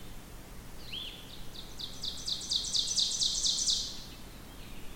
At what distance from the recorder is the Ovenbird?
about 35 m